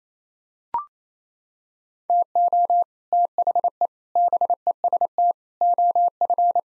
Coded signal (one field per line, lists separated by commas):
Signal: Morse code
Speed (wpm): 28 wpm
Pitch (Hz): 700 Hz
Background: none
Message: TO THE BEST OF